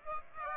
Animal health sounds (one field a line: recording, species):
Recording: mosquito wingbeat signal from an infrared sensor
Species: Aedes aegypti